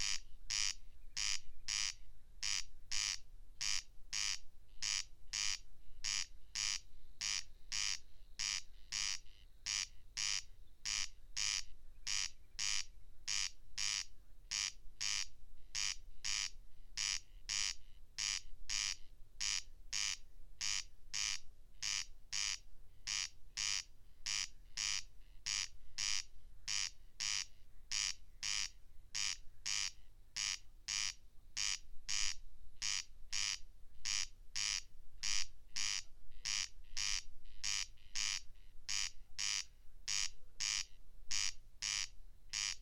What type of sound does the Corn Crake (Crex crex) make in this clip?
song